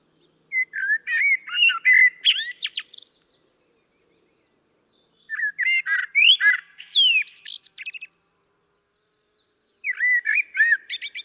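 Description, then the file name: Common blackbird singing three separate phrases of fluty, varied notes and sharp, squeaky high twitters, with quiet pauses between. "Turdus merula"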